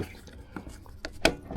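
A small release tab on the base of a Suzuki tank bag is pulled, and the bag comes off its tank ring mount with a sharp plastic click at 1.3 s. Fainter ticks and rubbing come before it, and a softer knock follows at about 1.6 s. The tank bag is released from the mount.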